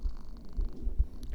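A brief stretch of soft, low, muffled thumps, about two or three beats spaced roughly half a second apart, under a faint steady hum. This is an ordinary adult heartbeat heard close to the chest, with no extra sounds between the beats.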